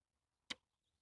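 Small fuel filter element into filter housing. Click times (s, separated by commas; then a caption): 0.5 s. A smaller fuel filter element is pushed into its filter housing on a Ram 3500 diesel pickup. A single sharp, loud snap is heard at 0.5 s against near silence, and the filter seats in the housing.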